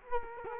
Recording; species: mosquito wingbeat signal from an infrared sensor; Culex quinquefasciatus